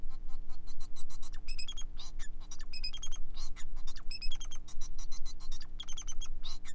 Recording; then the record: song of a male Bengalese finch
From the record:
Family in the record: son of father 4